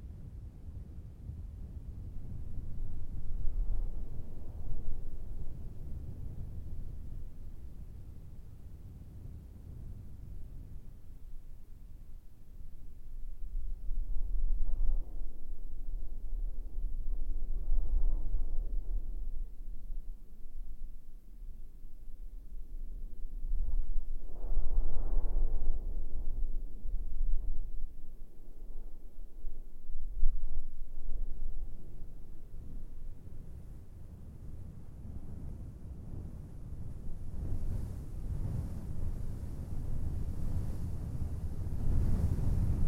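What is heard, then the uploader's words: A soundscape from the Empty Quarter's sand dunes, made of low, rumbling wind that rises and falls in slow gusts. Swells build around five, fifteen to eighteen, twenty-five and thirty seconds, and a rougher, brighter buffeting fills the final few seconds. Arabian Desert is a collection of stereo and quad soundscapes recorded on the Arabian Peninsula in the Empty Quarter, the largest expanse of sand dunes on Earth.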